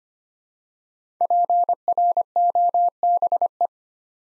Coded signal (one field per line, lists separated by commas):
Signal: Morse code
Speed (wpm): 25 wpm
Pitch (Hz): 700 Hz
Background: none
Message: PROBE